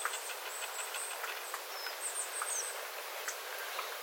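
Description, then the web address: Small birds calling in quick, high, thin notes, mostly in the earlier part, with faint dripping water clicks behind. Small flock of birds calling, recorded 9 September 2025 after rain, with water dripping from the eaves. "paivat 9 9 2025 pikkulintuparven aantelya vesi tippuu raystaalta sateen jalkeen"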